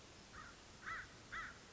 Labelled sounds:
American Crow

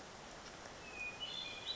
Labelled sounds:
Hermit Thrush

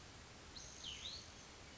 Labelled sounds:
Cassin's Vireo

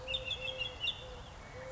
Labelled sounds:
Eurasian Collared Dove

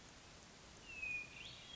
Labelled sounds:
Hermit Thrush

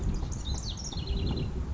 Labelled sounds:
House Wren

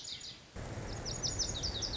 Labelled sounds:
Lazuli Bunting

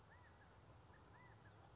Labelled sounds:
California Quail

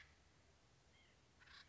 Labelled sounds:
White-breasted Nuthatch

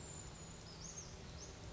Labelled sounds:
Brown Creeper

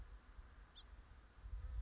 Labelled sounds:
House Finch

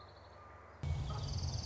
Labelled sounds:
Orange-crowned Warbler

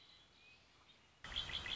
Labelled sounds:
Red-winged Blackbird

